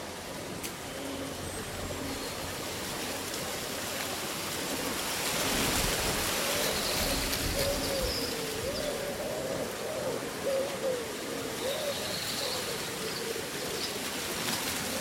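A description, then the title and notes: Leaves rustle in a steady breeze, the airy hiss swelling around six seconds and staying fuller afterward. Low, soft cooing calls, like a dove, repeat through the middle and later part, with faint higher chirps now and then. Breezy Summer Day Rustling Leaves and Birdsong.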